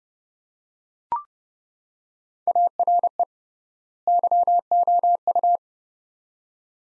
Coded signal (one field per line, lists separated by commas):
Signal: Morse code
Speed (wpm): 30 wpm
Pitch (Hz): 700 Hz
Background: none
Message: ARE YOU